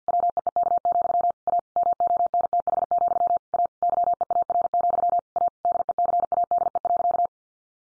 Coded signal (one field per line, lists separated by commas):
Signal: Morse code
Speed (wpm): 50 wpm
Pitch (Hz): 700 Hz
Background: none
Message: WEEK, A MONTH, A YEAR, A DECADE.